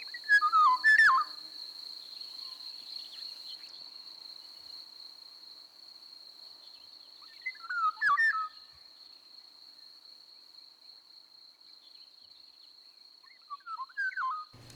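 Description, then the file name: Eurasian golden oriole song: three short fluted, yodelling phrases several seconds apart, each a quick slurred whistle dipping and rising, over a steady high whine. "sargarigo"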